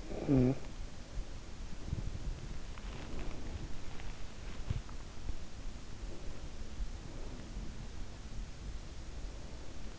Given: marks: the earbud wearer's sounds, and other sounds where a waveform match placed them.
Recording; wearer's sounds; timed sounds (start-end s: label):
sounds in sleep by an in-ear microphone; body movement, breath
0.00-0.85 s: body movement
1.88-3.98 s: breath
5.87-8.46 s: breath